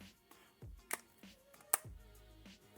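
A snug Torras Q3 Air protective case, pulled partly off an iPhone 17 Pro, is pressed back onto the phone. A fainter tick at 0.9 s comes before the case snaps home with a sharp, bright click at 1.7 s, over faint tonal background sound. The case is seated on the phone again.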